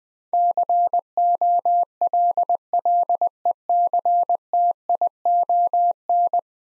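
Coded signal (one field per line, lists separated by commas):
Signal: Morse code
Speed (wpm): 21 wpm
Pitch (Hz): 700 Hz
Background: none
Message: COLLECTION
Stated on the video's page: Head-copy drill of ten-letter words at 20 wpm; each word is sent, then spoken, then sent again.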